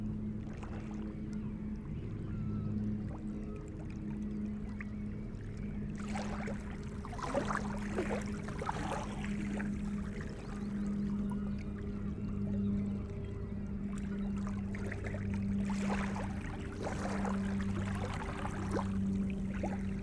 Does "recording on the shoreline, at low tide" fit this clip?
yes